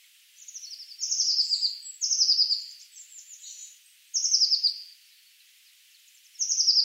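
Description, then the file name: Eurasian blue tit giving a run of high, buzzy churrs, each dropping in pitch, following one another closely, with a final churr after a longer pause. "Cyanistes caeruleus"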